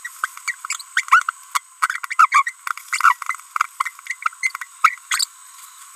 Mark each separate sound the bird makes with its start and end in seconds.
0.05-0.08, 0.24-0.26, 0.97-1.03, 1.08-1.23, 1.82-1.99, 2.04-2.05, 2.11-2.14, 2.19-2.26, 2.32-2.42, 2.47-2.50, 2.93-3.13, 4.84-4.98, 5.11-5.24